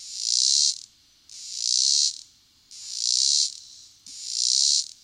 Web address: The Songs of Insects. Robinson's Cicada